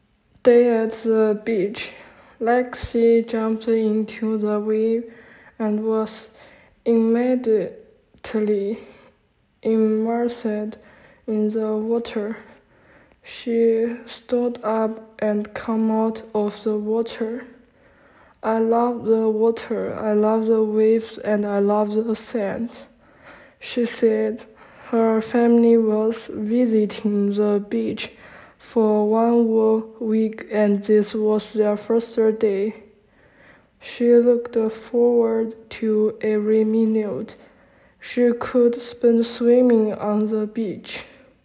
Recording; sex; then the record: reading aloud after running; female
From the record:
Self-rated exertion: light exertion (2 of 6); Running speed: 5 miles an hour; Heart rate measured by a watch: 117 beats a minute at the start, 108 at the end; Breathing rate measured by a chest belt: 15 breaths a minute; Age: 18 years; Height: 162 cm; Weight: 62 kg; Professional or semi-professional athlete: no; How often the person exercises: 1 to 2 times a week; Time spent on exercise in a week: under 1 hour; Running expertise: no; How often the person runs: under once a week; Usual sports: walking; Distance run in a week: 2 km